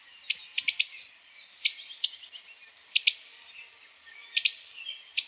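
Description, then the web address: Akikiki food begging calls: staccato high notes, single or in quick bursts of two or three, irregular like Morse code, repeated across several seconds. Kauai; juvenile food begging call, staccato and Morse code-like; an adult calls once during the piece. "Voices Kauai. Akikiki"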